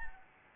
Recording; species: mosquito wingbeat signal from an infrared sensor; Anopheles gambiae